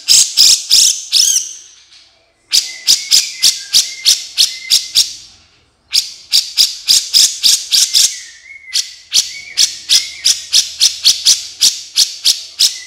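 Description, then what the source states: Horsfield's bush lark song: long series of crisp, high chipping notes in fast bursts separated by short pauses, with faint thin whistles under them. Masteran training recording for caged birds, described as very active singing (gacor).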